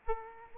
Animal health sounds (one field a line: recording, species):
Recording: mosquito wingbeat signal from an infrared sensor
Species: Aedes aegypti